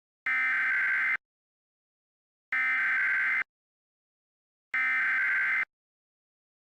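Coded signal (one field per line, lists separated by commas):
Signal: Emergency Alert System (SAME) tones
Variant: header bursts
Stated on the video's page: Fictional scenario whose alert tones are stated to be valid.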